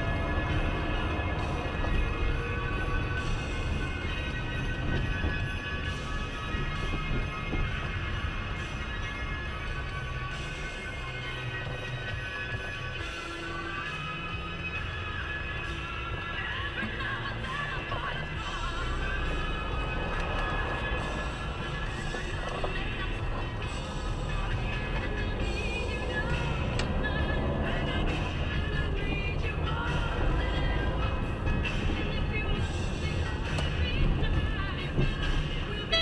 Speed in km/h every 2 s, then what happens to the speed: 32, 28, 24, 20, 7, 0, 0, 0, 0, 5, 7, 10, 21, 32, 31, 35, 33, 32.
0-9 brakes to 0. 9-17 standing. 17-26 pulls away to 32. 26-36 steady at about 32.